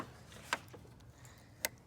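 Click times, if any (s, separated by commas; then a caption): 1.6 s. An electrical plug is pushed back onto the sensor of the evap purge valve under the hood of a 2013 Mustang GT, during a repair for a P0456 very small evap leak code. A sharp tick is heard at 0.5 s, then a crisp click at 1.7 s as the connector seats. The connector is confirmed clicked in.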